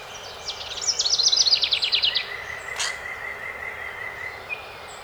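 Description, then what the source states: House wren delivering one energetic, scratchy, bubbling trill, followed by a long thin whistle from another bird. Recorded 12 May 2018.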